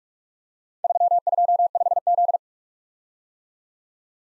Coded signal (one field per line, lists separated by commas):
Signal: Morse code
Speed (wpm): 44 wpm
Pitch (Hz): 700 Hz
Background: none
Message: 325Z